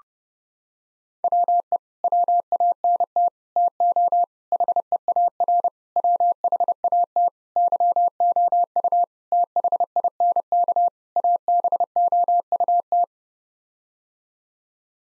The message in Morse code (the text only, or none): WE WANT TO HEAR WHAT YOU THINK ABOUT